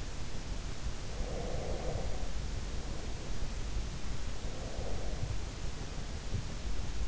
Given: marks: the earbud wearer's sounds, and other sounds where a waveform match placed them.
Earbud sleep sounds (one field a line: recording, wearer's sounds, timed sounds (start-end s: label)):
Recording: sounds in sleep by an in-ear microphone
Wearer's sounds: breath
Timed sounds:
1.15-3.49 s: breath
4.33-6.61 s: breath